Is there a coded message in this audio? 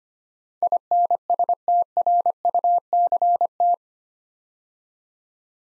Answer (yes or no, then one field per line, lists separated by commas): yes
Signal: Morse code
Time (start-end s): 0.6-3.7 s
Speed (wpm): 25 wpm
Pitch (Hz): 700 Hz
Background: none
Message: INSTRUCT